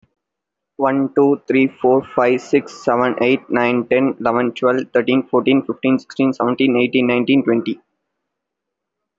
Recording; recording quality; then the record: counting at a fast pace; excellent, no background noise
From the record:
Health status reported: respiratory illness, not identified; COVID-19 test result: negative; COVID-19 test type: RT-PCR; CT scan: taken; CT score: 0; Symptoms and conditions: another respiratory illness, another condition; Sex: male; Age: 20 years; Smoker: no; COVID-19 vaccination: one dose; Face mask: worn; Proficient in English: yes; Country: India